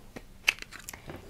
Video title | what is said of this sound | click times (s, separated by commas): KaysCase BookCase 2.0 Case for Blackberry z10 and iPhone 5 | this just snaps out | 0.5 s